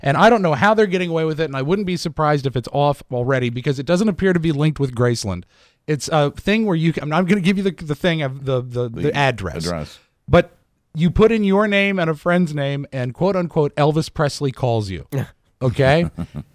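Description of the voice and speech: An adult man talks on radio in clear, fluent conversational speech at a relaxed pace, with a few natural restarts and brief pauses. Voice quality is steady and unstrained, with no slurring or breathiness. Ordinary speech.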